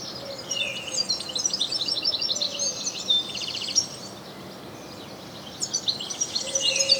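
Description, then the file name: European goldfinch chattering calls, rapid sparkling twitters and short buzzes, dropping to near quiet around five seconds before a fresh burst. "Carduelis carduelis"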